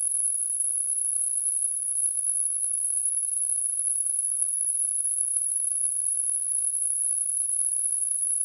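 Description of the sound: A steady, very high-pitched pure tone near 10 kHz holds unchanged for the whole 8.5 seconds over a faint airy hiss. It is a simulated tonal tinnitus, the constant ringing in the ears heard without any outside sound.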